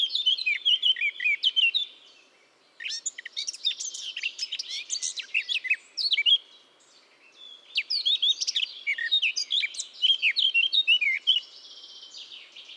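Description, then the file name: Eurasian blackcap singing repeated phrases of hurried, twittering warble mixed with sharper whistled notes, with short pauses between three main bursts. "Sylvia atricapilla"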